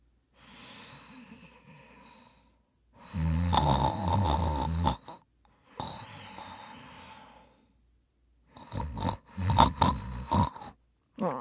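Slow breathing cycles, about 11 a minute, alternate soft breathy phases with loud, coarse, low rattling snores on inhalation. This is the snoring of a middle-aged woman.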